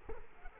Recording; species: mosquito wingbeat signal from an infrared sensor; Culex quinquefasciatus